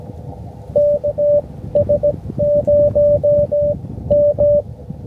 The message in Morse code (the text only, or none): KS0M